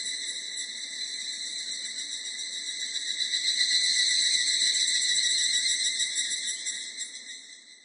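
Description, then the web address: Evening cicada call, a steady pulsing metallic ringing with layered high overtones, swelling gradually toward the middle and fading away over the final seconds. Recorded 24 July 1999. "1999 990724 higurasi"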